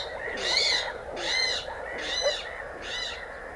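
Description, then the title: Spotted crake calling: four sharp whistled whip notes with bright harmonics, repeated a little faster than once per second. "Luhtakana"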